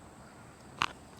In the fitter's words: So there's a little snap when they go in the correct way.